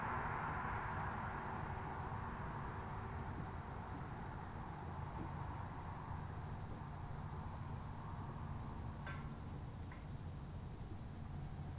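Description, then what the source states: Cicadas giving a steady, high, unbroken buzzing drone, with a continuous low rumble of traffic underneath. Cicadas very active in the heat beside the RD 991 road near Lac du Bourget, cliff side, Entrelacs, France; vehicles passing on the new road.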